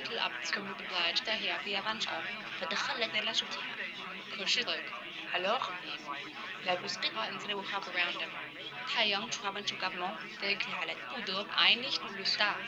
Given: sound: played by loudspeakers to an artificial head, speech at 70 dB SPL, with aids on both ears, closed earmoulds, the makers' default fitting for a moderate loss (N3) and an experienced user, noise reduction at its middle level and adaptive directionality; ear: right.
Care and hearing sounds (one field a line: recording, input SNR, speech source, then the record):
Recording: speech test signal (ISTS) in cocktail-party noise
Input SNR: -3 dB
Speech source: on the right (90 degrees)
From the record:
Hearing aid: class 1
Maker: F